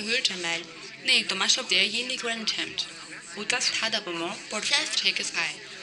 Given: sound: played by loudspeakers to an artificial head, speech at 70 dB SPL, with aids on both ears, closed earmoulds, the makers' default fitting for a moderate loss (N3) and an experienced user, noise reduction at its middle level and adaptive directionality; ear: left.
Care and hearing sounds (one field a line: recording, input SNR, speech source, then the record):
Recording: speech test signal (ISTS) in cocktail-party noise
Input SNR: +6 dB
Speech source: in front (0 degrees)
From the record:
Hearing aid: class 1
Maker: B